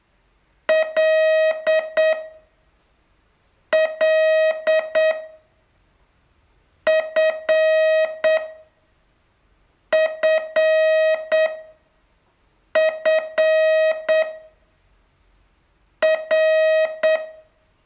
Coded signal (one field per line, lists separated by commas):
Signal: Morse code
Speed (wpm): 8 wpm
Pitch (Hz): 630 Hz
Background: music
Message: L L F F F R